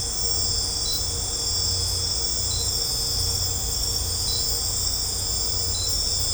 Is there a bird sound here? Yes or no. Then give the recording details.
no. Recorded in secondary vegetation near Puerto Asís, Putumayo, Colombia, on 18 December 2024 at 21:30. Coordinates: 0.502, -76.326. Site G028